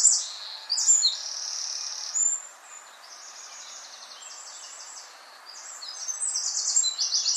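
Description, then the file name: Eurasian wren song: high, rapid bursts of buzzy trills and ticking notes, broken by short pauses, with a soft steady background hiss. "Troglodytes troglodytes"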